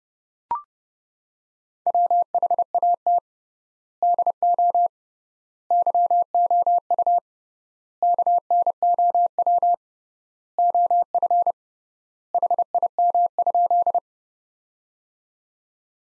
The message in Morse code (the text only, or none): WHAT DO YOU KNOW OF HIM?